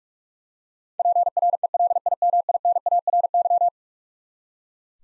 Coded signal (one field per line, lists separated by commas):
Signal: Morse code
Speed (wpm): 43 wpm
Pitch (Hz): 700 Hz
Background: none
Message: PRELIMINARY